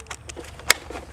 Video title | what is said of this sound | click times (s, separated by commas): 60V Hedge Trimmer PHT160H by PRORUN Review on the Alan Alford Sports Talk Show!!! | here it click and this will to be the first time I'm firing this up again | 0.7 s